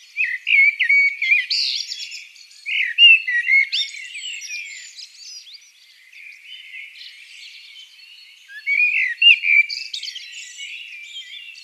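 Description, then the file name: Common blackbird song: two bursts of mellow whistled phrases with scratchy twittering, separated by a quieter stretch of soft warbling. "Turdus merula"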